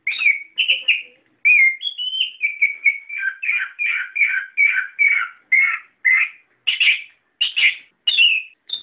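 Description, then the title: Bird singing a lively chirping sequence of slurred whistles and quick repeated notes, flowing almost without pause, ending in sharp chirps. "SuaraBurung Kicau4"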